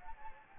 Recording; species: mosquito wingbeat signal from an infrared sensor; Anopheles gambiae